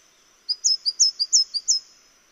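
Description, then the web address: Mistletoebird calls: a quick run of eight high, thin notes alternating between a short lower chip and a longer sharp whistle, lasting about one and a half seconds, otherwise quiet. "sound Mistletoebird. دانلود-صدای-پرنده-مرغ-دارواش"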